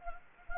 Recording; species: mosquito wingbeat signal from an infrared sensor; Anopheles gambiae